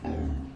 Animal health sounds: pig call; growing-finishing pig (85 days or more)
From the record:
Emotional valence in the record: negative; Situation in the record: barren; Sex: female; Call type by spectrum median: low-frequency call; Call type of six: low-frequency stable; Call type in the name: low-frequency stable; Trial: 1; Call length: 0.56 s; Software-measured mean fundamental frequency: 41 Hz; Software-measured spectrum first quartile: 80 Hz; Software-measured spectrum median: 187 Hz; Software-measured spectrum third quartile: 368 Hz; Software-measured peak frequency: 75 Hz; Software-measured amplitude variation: 139 dB a second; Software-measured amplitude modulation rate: 32.2 a second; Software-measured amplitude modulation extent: 4.3 dB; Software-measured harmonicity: -2.7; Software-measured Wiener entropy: -0.23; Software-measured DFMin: 1134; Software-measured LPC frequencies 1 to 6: 1737, 2647, 3486, 4848, 5986, 6809 Hz

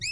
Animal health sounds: pig call; weaner (32 to 43 days)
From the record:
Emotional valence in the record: negative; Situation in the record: novel object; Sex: female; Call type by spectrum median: high-frequency call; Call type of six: high-frequency stable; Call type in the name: high-frequency stable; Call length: 0.12 s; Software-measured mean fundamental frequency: 2259 Hz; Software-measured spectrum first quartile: 2310 Hz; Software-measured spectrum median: 3944 Hz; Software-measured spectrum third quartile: 5516 Hz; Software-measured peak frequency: 2593 Hz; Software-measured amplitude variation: 60 dB a second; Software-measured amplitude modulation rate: 17.2 a second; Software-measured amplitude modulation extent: 3.5 dB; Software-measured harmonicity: 16.4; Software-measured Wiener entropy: -5.07

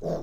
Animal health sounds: pig call; piglet (1 to 25 days)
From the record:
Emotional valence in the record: negative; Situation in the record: long isolation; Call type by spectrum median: low-frequency call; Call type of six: low-frequency stable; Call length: 0.23 s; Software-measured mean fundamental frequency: 51 Hz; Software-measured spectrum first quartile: 189 Hz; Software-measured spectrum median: 428 Hz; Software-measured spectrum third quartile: 605 Hz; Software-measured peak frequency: 597 Hz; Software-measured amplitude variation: 98 dB a second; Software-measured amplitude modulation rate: 11.0 a second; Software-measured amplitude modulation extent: 8.9 dB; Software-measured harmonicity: 1.4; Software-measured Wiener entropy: -0.43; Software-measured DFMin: 1636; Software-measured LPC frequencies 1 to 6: 581, 3648, 4674, 5445, 6453, 8699 Hz

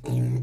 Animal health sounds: pig call; weaner (32 to 43 days)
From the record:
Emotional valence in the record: negative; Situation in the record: short isolation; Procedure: open field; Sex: female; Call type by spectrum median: low-frequency call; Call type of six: low-frequency stable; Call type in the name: low-frequency stable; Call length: 0.43 s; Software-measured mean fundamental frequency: 62 Hz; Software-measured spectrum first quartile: 123 Hz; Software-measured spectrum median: 157 Hz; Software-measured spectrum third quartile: 322 Hz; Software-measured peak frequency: 130 Hz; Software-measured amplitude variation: 95 dB a second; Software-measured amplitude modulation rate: 28.1 a second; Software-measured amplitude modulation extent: 3.4 dB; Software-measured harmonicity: 1.8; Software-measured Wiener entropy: -0.68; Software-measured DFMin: 984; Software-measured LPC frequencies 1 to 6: 2562, 3876, 5932, 6615, 7688, 8789 Hz

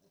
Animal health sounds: pig call; piglet (1 to 25 days)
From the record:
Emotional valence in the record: positive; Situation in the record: short reunion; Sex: male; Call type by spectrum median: low-frequency call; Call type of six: low-frequency tonal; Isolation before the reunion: 3 minutes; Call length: 0.11 s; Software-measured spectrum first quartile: 346 Hz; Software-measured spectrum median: 1299 Hz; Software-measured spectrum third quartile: 8944 Hz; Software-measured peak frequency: 175 Hz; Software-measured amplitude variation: 57 dB a second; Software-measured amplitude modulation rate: 4.7 a second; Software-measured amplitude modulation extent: 12.2 dB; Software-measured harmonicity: 7.1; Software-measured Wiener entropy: -2.60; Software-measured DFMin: 908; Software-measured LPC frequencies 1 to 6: 482, 1495, 2837, 4111, 5679, 6232 Hz

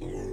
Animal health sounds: pig call; weaner (32 to 43 days)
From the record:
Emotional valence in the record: positive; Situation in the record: positive conditioning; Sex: female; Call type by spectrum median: low-frequency call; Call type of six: low-frequency stable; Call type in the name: low-frequency stable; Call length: 0.33 s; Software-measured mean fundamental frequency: 39 Hz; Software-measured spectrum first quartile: 95 Hz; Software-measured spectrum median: 298 Hz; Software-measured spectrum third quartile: 455 Hz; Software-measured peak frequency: 369 Hz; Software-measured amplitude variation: 84 dB a second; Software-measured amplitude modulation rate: 35.1 a second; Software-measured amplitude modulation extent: 2.4 dB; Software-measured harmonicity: 2.4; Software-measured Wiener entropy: -0.27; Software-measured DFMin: 971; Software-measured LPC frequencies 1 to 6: 382, 1889, 2533, 3275, 3864, 5192 Hz

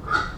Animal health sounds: pig call; growing-finishing pig (85 days or more)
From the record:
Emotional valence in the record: positive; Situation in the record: run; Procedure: transit

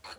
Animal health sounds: pig call; piglet (1 to 25 days)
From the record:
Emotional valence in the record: negative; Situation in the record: restrain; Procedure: back test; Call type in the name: high-frequency call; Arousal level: low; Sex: male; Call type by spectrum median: low-frequency call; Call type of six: low-frequency tonal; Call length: 0.18 s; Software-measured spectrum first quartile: 1100 Hz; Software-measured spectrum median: 2360 Hz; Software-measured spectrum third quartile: 4288 Hz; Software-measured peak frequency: 4352 Hz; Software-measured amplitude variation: 191 dB a second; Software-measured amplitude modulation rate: 8.2 a second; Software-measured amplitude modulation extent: 23.4 dB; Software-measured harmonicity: -0.8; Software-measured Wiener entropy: -1.20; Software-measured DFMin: 510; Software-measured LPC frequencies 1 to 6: 873, 1437, 2373, 4335, 5875, 7021 Hz

